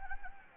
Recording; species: mosquito wingbeat signal from an infrared sensor; Anopheles gambiae